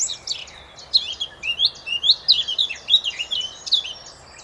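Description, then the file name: Eurasian blackcap song: a fast, varied warble of high chirps and slurred notes, running continuously throughout. "Sylvia atricapilla"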